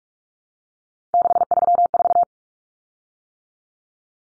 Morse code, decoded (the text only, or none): 634